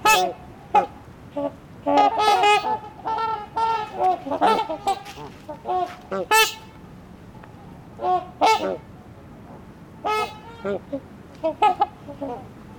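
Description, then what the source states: Trumpeter Swan flock calling: brassy honks tumbling over one another in irregular bursts, with quieter gaps between. Wintering flock at a beach in Ontario; some birds have been here for 20 years; soundscape.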